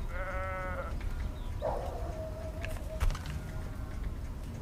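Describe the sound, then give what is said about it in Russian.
Lambs bleat, with one long, wavering, harmonic-rich bleat at the start and a shorter cry soon after, over a steady low rumble with a few faint knocks. “Стойте, барашки!”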